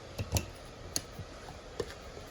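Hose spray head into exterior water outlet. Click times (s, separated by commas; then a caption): 0.4 s, 1.0 s. An exterior garden hose spray head is lined up with the notches on the water outlet of a 2024 Forest River Wildwood 28VBXL, then pushed and twisted until it locks into place. Sharp clicks sound at 0.4 s and 1.0 s, with softer taps around 0.2 s, 1.8 s and 1.9 s. The spray head ends up locked onto the outlet.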